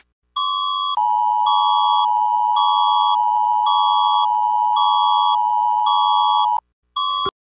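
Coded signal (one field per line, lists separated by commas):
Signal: Emergency Alert System (SAME) tones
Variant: 853 and 960 Hz attention tone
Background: music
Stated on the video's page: Fictional EAS scenario, simulated alert.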